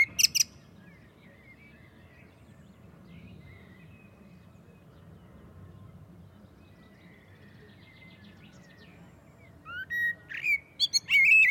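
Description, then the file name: Common blackbird with a brief squeaky fragment at the start, a long quiet gap with faint whistles, then a fluted phrase with high squeaks near the end. "Turdus merula"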